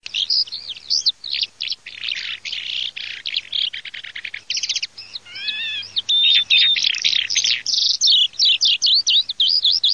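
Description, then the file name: Eurasian skylark song: a rapid stream of high twittering trills and buzzy warbles, with brief whistled and rattling notes mixed in. "ALLODOLA"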